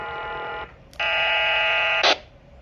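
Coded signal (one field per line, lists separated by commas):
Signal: HF data modem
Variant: VARA FM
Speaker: One last time. Press the PTT here. and this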